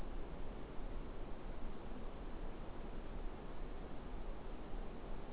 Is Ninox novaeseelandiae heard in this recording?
no